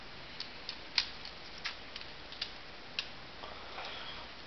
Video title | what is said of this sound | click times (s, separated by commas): ex collection devastator pt 9.AVI | there we go okay so now that when they've clipped in uh | 1.0 s, 3.0 s